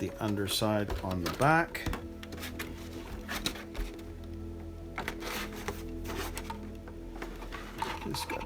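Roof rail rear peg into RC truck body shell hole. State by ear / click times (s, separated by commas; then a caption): not seated / none. The rear underside peg of a plastic roof rail for a 2021 Tamiya Ford Bronco RC truck is lined up and pushed toward its hole in the body shell while someone talks over background music. Light handling taps and ticks are heard, but nothing has seated or clicked into place yet.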